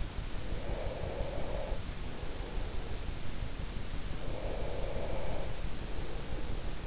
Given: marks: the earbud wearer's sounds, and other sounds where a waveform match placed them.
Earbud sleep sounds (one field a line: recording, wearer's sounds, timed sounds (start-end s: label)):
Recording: sounds in sleep by an in-ear microphone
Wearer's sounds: breath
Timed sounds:
0.24-3.64 s: breath
4.28-6.87 s: breath